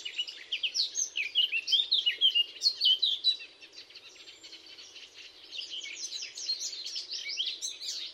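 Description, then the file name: Eurasian blackcap warbling song, dense and jumbled with quick chirps and fluty notes, louder at first then quieter, over a low steady background hum. "Sylvia atricapilla"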